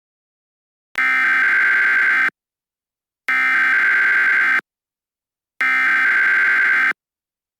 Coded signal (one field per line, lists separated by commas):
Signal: Emergency Alert System (SAME) tones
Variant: header bursts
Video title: eas